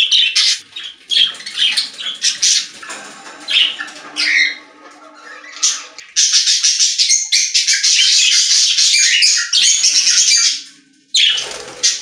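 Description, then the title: Budgerigar warbling chatter, continuous scratchy chirps and squeaks, growing busier and louder midway, then a short pause before more chirping. "Budgie Sounds"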